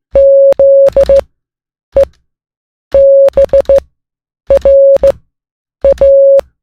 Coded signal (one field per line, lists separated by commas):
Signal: Morse code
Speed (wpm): 16 wpm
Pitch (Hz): 550 Hz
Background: none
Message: ZEBRA